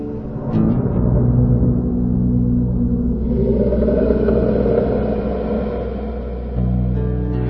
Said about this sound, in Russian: Пока Хирани Кашипу озирался, пытаясь понять, откуда исходит зловещий гром, Господь в образе удивительного существа, то ли льва, то ли человека, вышел из колонны.